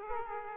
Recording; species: mosquito wingbeat signal from an infrared sensor; Aedes aegypti